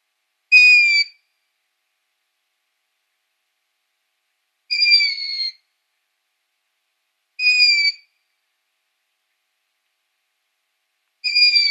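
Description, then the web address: Long-eared owl young giving four high, squeaky, downslurred calls spaced a few seconds apart, otherwise silent. Downy young. "Schulze Peter Long-eared Owl"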